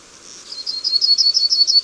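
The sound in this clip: Yellowhammer song fragment, a short fast series of high repeated chipping notes rising slightly in loudness, without the closing drawn-out note.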